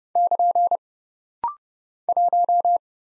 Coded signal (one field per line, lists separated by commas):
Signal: Morse code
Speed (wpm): 30 wpm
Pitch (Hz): 700 Hz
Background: none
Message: <KN> 1